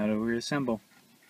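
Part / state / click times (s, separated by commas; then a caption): plastic dash trim panel into the car dashboard / not seated / none. Someone talks while reassembling a 2012+ Subaru Impreza, about to press the plastic dash trim panel back into place in the car dashboard, and then the sound drops to a quiet background. Nothing has seated or clicked yet; the clip ends just before the panel goes home.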